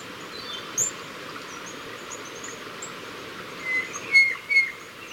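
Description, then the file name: White-bellied antpitta call: a few short level whistles near the end, the last two louder, against constant background hiss and scattered high-pitched chirps. "Grallaria hypoleuca - White-bellied Antpitta"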